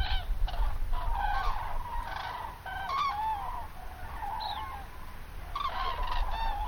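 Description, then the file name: Common crane calls, loud rolling trumpets and a few higher upslurred notes from several birds, over a steady low rumble of wind or background noise. "grus grus"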